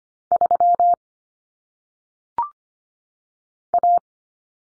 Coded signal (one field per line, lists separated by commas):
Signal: Morse code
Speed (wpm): 25 wpm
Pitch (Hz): 700 Hz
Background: none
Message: 3 A